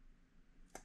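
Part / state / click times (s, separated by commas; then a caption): plastic shoulder armor onto a toy figure / seated / 0.8 s. A plastic shoulder armor piece is pressed onto the shoulders of a toy figure. Over a quiet background, a single short, bright snap sounds at 0.8 s. The armor snaps into place with a tight fit.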